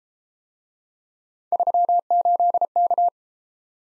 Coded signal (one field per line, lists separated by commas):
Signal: Morse code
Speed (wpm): 33 wpm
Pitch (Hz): 700 Hz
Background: none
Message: 38K